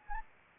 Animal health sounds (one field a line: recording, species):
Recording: mosquito wingbeat signal from an infrared sensor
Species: Anopheles arabiensis